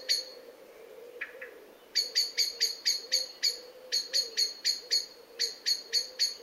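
Bird calls: rapid series of sharp, high chirps about four per second, coming in bursts separated by short pauses, over a faint low hum.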